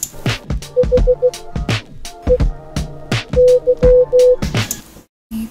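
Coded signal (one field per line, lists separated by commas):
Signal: Morse code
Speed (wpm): 15 wpm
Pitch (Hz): 500 Hz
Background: music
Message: HEY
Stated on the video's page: Morse from a computer game about a haunted AI.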